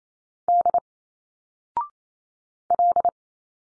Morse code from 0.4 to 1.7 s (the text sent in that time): D